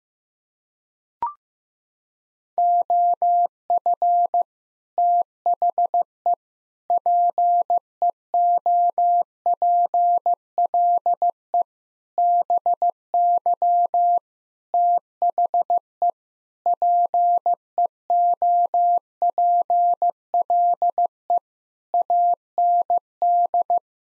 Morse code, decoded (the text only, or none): OF THE PEOPLE BY THE PEOPLE AND